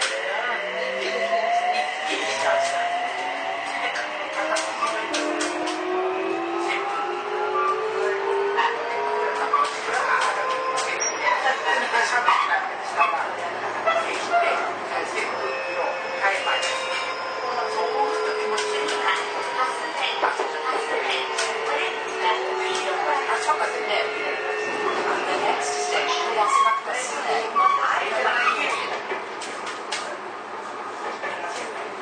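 Toei 6300 series train running between Nishi-Takashimadai and Jimbocho, heard as a steady rumble with whining motor tones that rise and fall in long sweeping glides throughout. Scattered clicks and rattles mark the track, and a voice can be heard over the noise.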